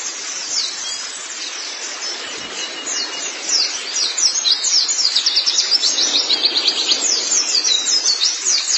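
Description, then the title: White-eye song: high, rapid chirping notes repeated several times a second, building into an energetic twittering run in the second half. "Kicauan Burung Pleci"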